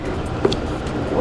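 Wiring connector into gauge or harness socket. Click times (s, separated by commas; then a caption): 0.4 s, 0.5 s. A wiring connector is pushed into its socket while a digital panel gauge is installed on a 2011 Skydrive 160cc scooter. Over a steady background hum, a quick double click is heard at 0.5 s and again at 0.5 s, and the connector is confirmed seated.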